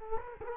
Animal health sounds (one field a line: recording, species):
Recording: mosquito wingbeat signal from an infrared sensor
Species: Culex quinquefasciatus